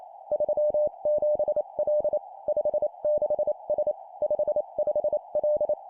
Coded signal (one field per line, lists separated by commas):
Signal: Morse code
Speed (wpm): 28 wpm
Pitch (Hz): 600 Hz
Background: none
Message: 37L 56S 55L